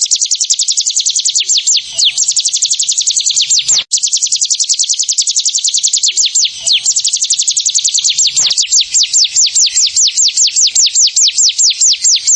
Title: Ciblek Sawah